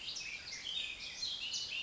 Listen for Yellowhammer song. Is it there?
no